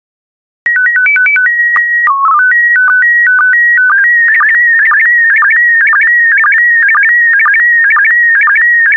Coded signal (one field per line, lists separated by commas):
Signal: SSTV (slow-scan television)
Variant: PD 120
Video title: 16067 Rural Africa SSTV PD120